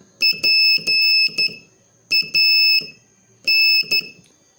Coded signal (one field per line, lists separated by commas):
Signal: Morse code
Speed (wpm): 11 wpm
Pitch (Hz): 2600 Hz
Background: none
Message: PAN